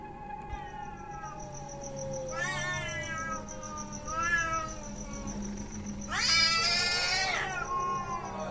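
A cat standing on a window, just hit by a thrown rattan pillow, lets out drawn-out, wavering yowls in three separate bursts, the last the loudest and shrillest, with a low growling undertone between cries, as if preparing to fight, and no talking.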